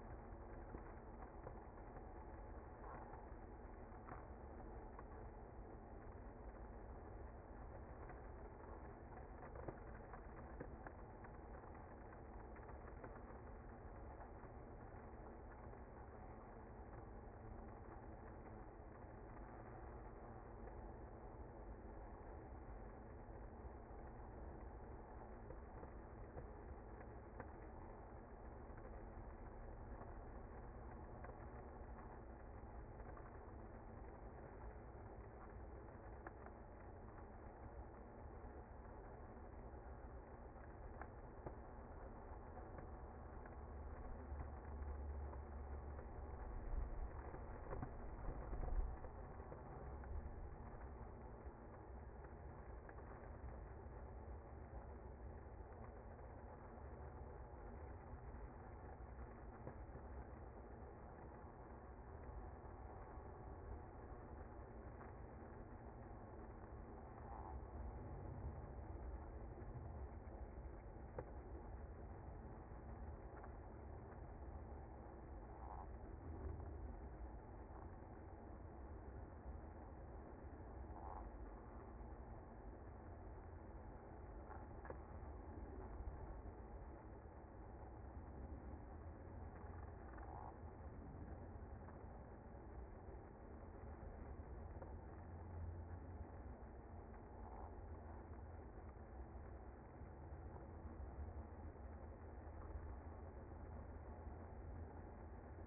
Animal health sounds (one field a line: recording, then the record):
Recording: honeybee colony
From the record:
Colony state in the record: active